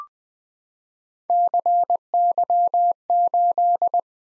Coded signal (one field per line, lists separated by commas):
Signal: Morse code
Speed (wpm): 20 wpm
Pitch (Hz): 700 Hz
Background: none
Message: CY8